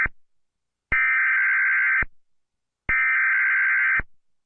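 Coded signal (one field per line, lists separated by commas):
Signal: Emergency Alert System (SAME) tones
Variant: header bursts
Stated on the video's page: Fictional EAS scenario alert.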